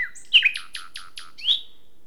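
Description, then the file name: Common nightingale notes: a loud slurred chirp followed by a short even series of downward-swept notes and a final rising note. "Luscinia megarhynchos"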